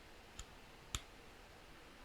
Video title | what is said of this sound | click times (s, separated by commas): WXM M5 bundle setup -- station, hotspot, and metamask | there you heard the click at the end | 0.9 s